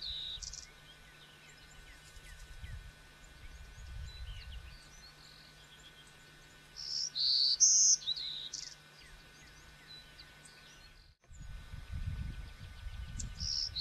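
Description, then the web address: Birds calling with scattered short, descending chirps and a few bright high whistled notes, over a steady hum and bursts of low rumbling noise. Many birds recorded in Texas on 21 April 2005, in the afternoon or evening. "Texas Many Birds 20050421 PM"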